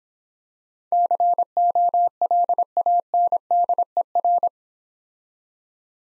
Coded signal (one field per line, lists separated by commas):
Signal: Morse code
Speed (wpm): 26 wpm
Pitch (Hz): 700 Hz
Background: none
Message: COLANDER